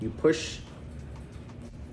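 A locking piece of a sealed automotive wiring connector is being handled at the connector housing after a wired terminal has been slid through, and someone talks briefly. A short burst of sound near 0.25 s is followed by low background noise. Nothing has seated or clicked yet; the lock is not home.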